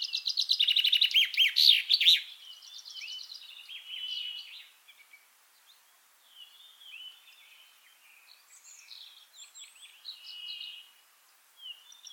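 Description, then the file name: Common chaffinch giving a loud, rapid burst of sharp notes for about two seconds, followed by softer, scattered twittering. "Fringilla coelebs"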